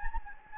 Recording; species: mosquito wingbeat signal from an infrared sensor; Anopheles gambiae